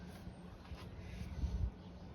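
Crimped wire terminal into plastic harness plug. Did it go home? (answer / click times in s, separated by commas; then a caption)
no / none. A crimped metal wire terminal is handled at the back of a plastic harness plug during a wire harness repair on a 1991 Volvo 740 bought for $700, where it is meant to click in so it can't be pulled back out. Soft handling noises sit over a steady low background hum, with a few louder low bumps around 1.4 to 1.7 seconds. Nothing has seated or clicked yet.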